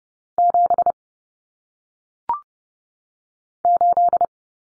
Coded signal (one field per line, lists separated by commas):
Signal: Morse code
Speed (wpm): 30 wpm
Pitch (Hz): 700 Hz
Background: none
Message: 7 8